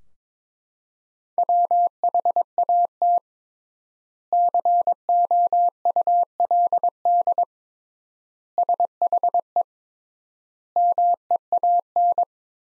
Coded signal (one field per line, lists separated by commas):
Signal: Morse code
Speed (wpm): 22 wpm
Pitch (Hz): 700 Hz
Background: none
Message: WHAT COULD SHE MEAN